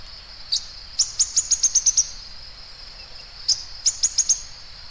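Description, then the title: Bird song of very high, sharp chirps in two short quick runs, over a steady high-pitched hiss. "LuckyPassaro Completos2Sama"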